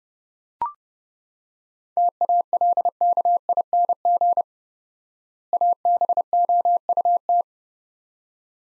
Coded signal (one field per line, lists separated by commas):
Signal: Morse code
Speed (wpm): 30 wpm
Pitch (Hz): 700 Hz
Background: none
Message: TALKING ABOUT